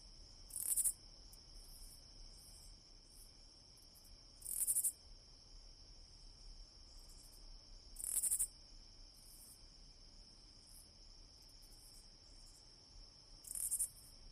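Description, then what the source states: Katydid calling in four harsh, buzzy pulsed bursts spaced several seconds apart, with softer scattered chirps and a constant high-pitched hum underneath. Very close-up recording of a katydid calling over a continuous background.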